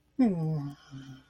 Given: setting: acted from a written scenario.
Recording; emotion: vocal sound without words; embarrassment